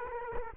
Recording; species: mosquito wingbeat signal from an infrared sensor; Culex quinquefasciatus